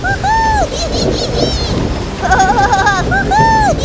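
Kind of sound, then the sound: sound effect, stormy sea waves crashing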